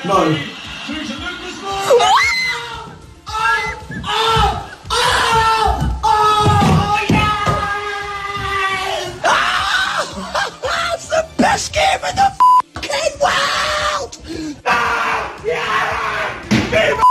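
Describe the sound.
Football fans in north London erupt in loud, frenzied celebration of a last-minute goal that sends their team to the Champions League final, filmed in the final minutes of the match. A dense mass of screaming and yelling voices keeps surging and breaking, with shrill cries rising above the roar.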